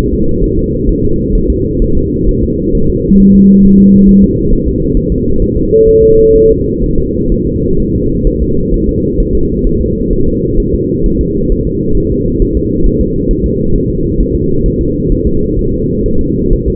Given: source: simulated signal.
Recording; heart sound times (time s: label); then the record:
fetal heart sounds
0.13 s: S2
0.44 s: S1
0.59 s: S2
0.89 s: S1
1.04 s: S2
1.35 s: S1
1.50 s: S2
1.82 s: S1
1.97 s: S2
2.29 s: S1
2.43 s: S2
2.75 s: S1
2.90 s: S2
3.20 s: S1
3.35 s: S2
3.65 s: S1
3.80 s: S2
4.09 s: S1
4.24 s: S2
4.53 s: S1
4.68 s: S2
4.97 s: S1
5.12 s: S2
5.42 s: S1
5.57 s: S2
5.88 s: S1
6.03 s: S2
6.36 s: S1
6.50 s: S2
6.83 s: S1
6.98 s: S2
7.32 s: S1
7.47 s: S2
7.80 s: S1
7.95 s: S2
8.27 s: S1
8.42 s: S2
8.74 s: S1
8.89 s: S2
9.20 s: S1
9.35 s: S2
9.67 s: S1
9.81 s: S2
10.13 s: S1
10.28 s: S2
10.60 s: S1
10.74 s: S2
11.06 s: S1
11.21 s: S2
11.52 s: S1
11.67 s: S2
11.97 s: S1
12.12 s: S2
12.42 s: S1
12.57 s: S2
12.86 s: S1
13.01 s: S2
13.31 s: S1
13.46 s: S2
13.75 s: S1
13.90 s: S2
14.20 s: S1
14.35 s: S2
14.66 s: S1
14.81 s: S2
15.12 s: S1
15.27 s: S2
15.59 s: S1
15.74 s: S2
16.06 s: S1
16.21 s: S2
16.53 s: S1
16.68 s: S2
From the record:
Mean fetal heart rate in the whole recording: 130 bpm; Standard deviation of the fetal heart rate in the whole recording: 4 bpm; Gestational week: 38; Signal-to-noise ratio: -16.4 dB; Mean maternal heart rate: 72 bpm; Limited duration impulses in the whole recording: present